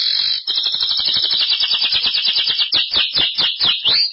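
Belgian canary delivering a rolling high trill that breaks into separate swooping notes, ending with a rising and falling whistle.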